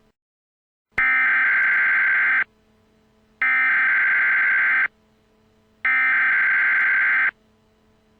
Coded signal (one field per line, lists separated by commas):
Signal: Emergency Alert System (SAME) tones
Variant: header bursts